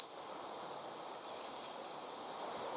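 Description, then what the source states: Dunnock calls: thin, very high seep notes, single and doubled, spaced irregularly about a second or more apart over a quiet background. Simple seep call of a dunnock, often heard while the bird is hidden from view.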